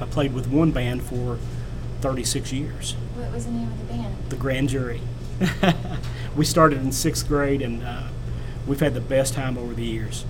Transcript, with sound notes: I played with one band for thirty-six years.
What was the name of the band?
The Grand Jury. [Laughs.] We started in sixth grade and we've had the best time over the years.